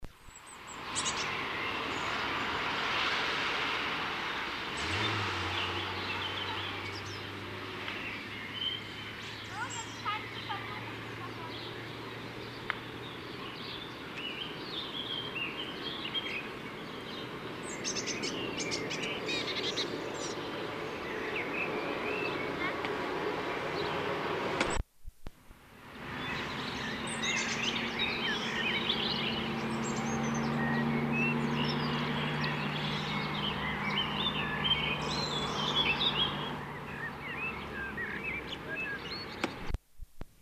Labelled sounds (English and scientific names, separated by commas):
Common Blackbird (Turdus merula) song